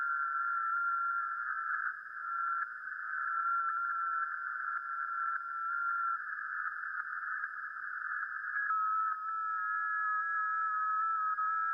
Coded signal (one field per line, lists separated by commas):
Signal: FT8